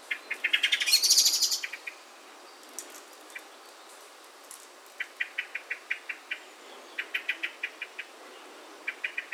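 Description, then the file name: Common blackbird giving a rapid run of sharp clicking chinks that swell into a loud burst, then scattered short series of clicks, with high thin notes. "Turdus merula"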